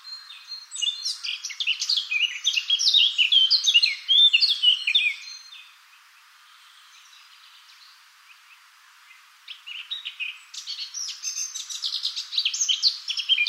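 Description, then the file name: Eurasian blackcap song: a long, fast scratchy warble, a pause of several seconds, then another chattering phrase that builds to the end. "Sylvia atricapilla"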